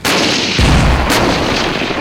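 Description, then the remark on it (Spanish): Loud artillery fire, reconnaissance shots from the Fourth Panzer Army on a target: a deep booming blast lands partway through, followed by another sharp report, all over a dense, continuous roar of battle noise with no voices. “Cuarto ejército Panzer, efectúen disparos de reconocimiento sobre el objetivo de Charlie.”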